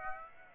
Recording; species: mosquito wingbeat signal from an infrared sensor; Aedes aegypti